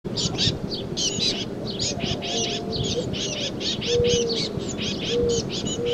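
Titmouse calls: a steady stream of buzzy, chattering high notes over a rumbling background, with a few short low whistles later.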